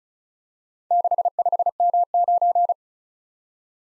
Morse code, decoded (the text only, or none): 65M9